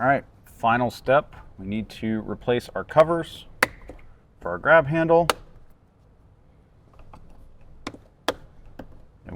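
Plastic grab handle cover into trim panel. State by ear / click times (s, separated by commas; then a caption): seated / 8.3 s. Someone talks while replacing the plastic grab handle covers over the mounts in the trim panel of a 2024+ Toyota Land Cruiser during an Audison 13-speaker plug-and-play bundle install. After the talk come a few soft ticks and taps, then a sharp click at 8.3 seconds as the grab handle cover snaps home and seats.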